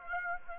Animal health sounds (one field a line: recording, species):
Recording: mosquito wingbeat signal from an infrared sensor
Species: Aedes aegypti